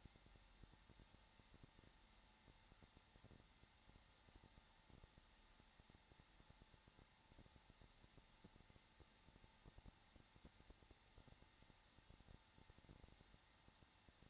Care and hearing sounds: daily activity, microphone in the room; no activity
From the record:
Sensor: 3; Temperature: 21.3 degrees Celsius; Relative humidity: 33.3%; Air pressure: 994.5 hPa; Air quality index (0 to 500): 168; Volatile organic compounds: 3 ppm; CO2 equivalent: 1462 ppm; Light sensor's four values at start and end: 2/3/2/2 and 2/3/2/2

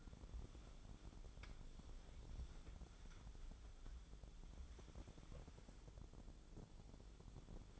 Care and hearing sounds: daily activity, microphone in the room; wipe stove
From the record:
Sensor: 5

